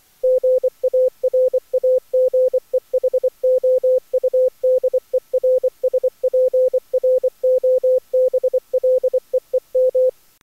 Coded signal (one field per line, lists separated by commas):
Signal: Morse code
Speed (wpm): 24 wpm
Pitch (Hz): 510 Hz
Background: none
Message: GARAGEHOUDERSPROBLEEM